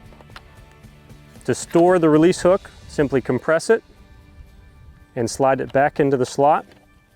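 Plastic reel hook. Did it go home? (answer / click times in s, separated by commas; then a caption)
no / none. The compressed release hook of a Kiwitech fencing reel is being slid back into its storage slot while someone talks, with two faint ticks near the start. Nothing has seated or clicked yet.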